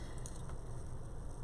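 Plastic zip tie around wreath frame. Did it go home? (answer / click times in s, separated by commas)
yes / 0.3 s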